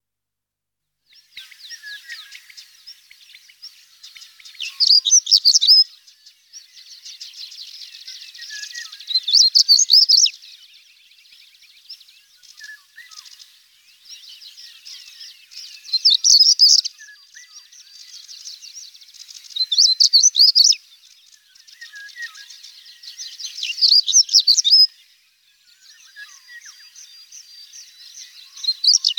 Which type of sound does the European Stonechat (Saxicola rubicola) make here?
song